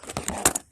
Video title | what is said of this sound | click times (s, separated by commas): 2011-14 Mustang GT engine ticking rocker/follower fix | if you don't hear them click like that don't try and pull them you'll just end up breaking them there | 0.5 s